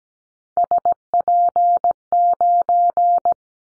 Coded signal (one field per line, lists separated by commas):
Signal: Morse code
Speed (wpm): 17 wpm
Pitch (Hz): 700 Hz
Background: none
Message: SP9